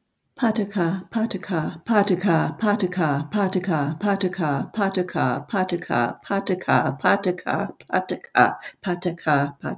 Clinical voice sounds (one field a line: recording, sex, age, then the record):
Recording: repeated syllables /pa ta ka/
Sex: female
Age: 70 to 79 years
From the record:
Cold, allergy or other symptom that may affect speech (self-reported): no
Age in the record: 72 years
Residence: North Carolina, United States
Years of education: 16